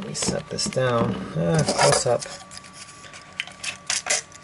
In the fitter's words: the center leg pops out and locks into place so that he can be in the